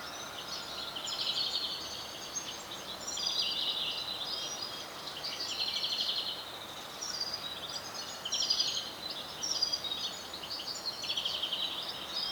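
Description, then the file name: Greenfinch twitter: repeated runs of fast, high chirping trills, coming in phrases every few seconds against a soft constant hiss. "Chloris chloris"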